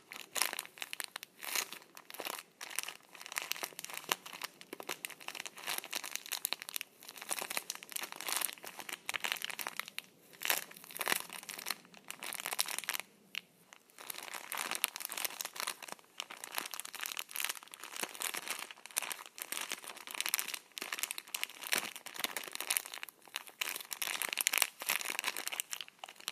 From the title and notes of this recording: ASMR Tissues on my Hands.